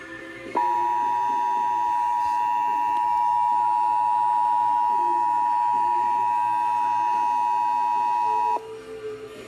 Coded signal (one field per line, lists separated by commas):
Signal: Emergency Alert System (SAME) tones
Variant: 853 and 960 Hz attention tone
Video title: EAS #52 Severe Thunderstorm Watch